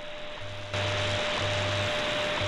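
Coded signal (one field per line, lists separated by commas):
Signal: radio time signal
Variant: WWV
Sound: steady mid-pitch 600 Hz tone over hiss, with low humming pulses underneath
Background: radio static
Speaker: WWV 20 megahertz coming in today November 11th so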